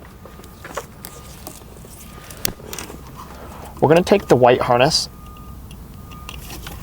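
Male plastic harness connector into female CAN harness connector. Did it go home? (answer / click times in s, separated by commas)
no / none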